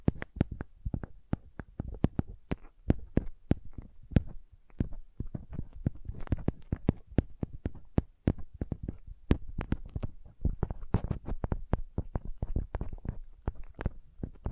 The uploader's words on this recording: Sensitive Tapping.